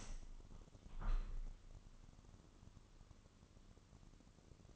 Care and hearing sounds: daily activity, microphone in the room; open window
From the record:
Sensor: 4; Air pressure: 998.8 hPa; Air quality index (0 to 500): 112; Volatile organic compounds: 2 ppm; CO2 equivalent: 1108 ppm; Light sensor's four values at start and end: 10/24/9/10 and 10/24/9/10

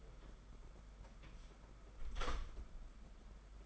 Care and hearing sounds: daily activity, microphone in the room; close door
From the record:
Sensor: 5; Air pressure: 991.8 hPa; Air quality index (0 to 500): 133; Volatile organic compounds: 79 ppm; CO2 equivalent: 3598 ppm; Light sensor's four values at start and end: 33/111/41/44 and 33/111/41/44

